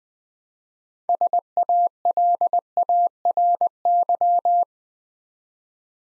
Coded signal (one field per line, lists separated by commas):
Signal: Morse code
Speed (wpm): 20 wpm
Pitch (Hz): 700 Hz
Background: none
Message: SALARY